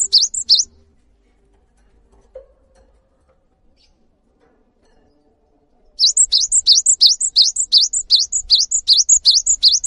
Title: GELATIK BATU GACOR WUCIT PANJANGNYA BIKIN GELATIK LAIN JADI TERPANCING UNTUK IKUT BUNYI